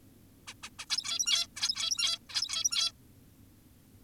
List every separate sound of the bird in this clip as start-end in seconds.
0.48-0.54, 0.63-0.70, 0.79-0.86, 0.90-1.47, 1.56-2.19, 2.30-2.92